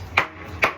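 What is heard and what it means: A Schwalbe Shredda Gravity tubeless bicycle tire is inflated until its rubber bead snaps onto the rim seat. Two sharp pops ring out at 0.2 s and 0.6 s over a low, steady background hum. The bead is seated on the rim.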